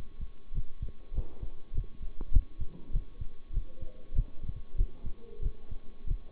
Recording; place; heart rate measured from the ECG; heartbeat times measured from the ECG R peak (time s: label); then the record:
heart sounds by stethoscope; between the tricuspid and mitral areas; 98 bpm
0.51 s: heartbeat
1.11 s: heartbeat
1.71 s: heartbeat
2.29 s: heartbeat
2.89 s: heartbeat
3.50 s: heartbeat
4.12 s: heartbeat
4.74 s: heartbeat
5.39 s: heartbeat
6.04 s: heartbeat
From the record:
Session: bicycle stress test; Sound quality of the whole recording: good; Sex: male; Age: 23 years